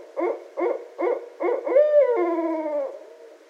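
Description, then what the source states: Barred owl giving four evenly spaced hoarse hoots followed by a drawn-out hoot that bends downward and trails off. Recorded 18 January 2012.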